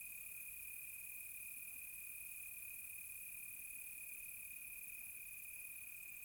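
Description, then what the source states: Crickets produce a constant high-pitched trill, steady and unbroken, with a fainter shimmering chorus above it. Close crickets on a quiet tropical night.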